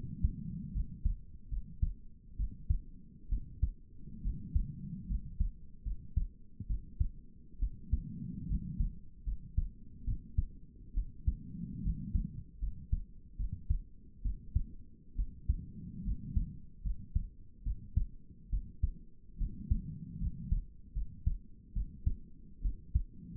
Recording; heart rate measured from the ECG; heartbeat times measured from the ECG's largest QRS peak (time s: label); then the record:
heart sounds by stethoscope; 71 bpm
0.73 s: heartbeat
1.50 s: heartbeat
2.38 s: heartbeat
3.30 s: heartbeat
4.23 s: heartbeat
5.08 s: heartbeat
5.84 s: heartbeat
6.68 s: heartbeat
7.60 s: heartbeat
8.48 s: heartbeat
9.25 s: heartbeat
10.06 s: heartbeat
10.95 s: heartbeat
11.83 s: heartbeat
12.60 s: heartbeat
13.38 s: heartbeat
14.23 s: heartbeat
15.17 s: heartbeat
16.05 s: heartbeat
16.84 s: heartbeat
17.64 s: heartbeat
18.51 s: heartbeat
19.39 s: heartbeat
20.20 s: heartbeat
20.95 s: heartbeat
21.74 s: heartbeat
22.63 s: heartbeat
From the record:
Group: healthy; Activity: rest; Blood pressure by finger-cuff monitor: 133/59 mmHg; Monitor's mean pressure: 81 mmHg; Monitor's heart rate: 70 bpm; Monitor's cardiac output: 7.8 L/min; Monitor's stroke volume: 111 mL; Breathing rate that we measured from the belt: 16 breaths a minute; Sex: female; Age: 22 years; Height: 160 cm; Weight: 63 kg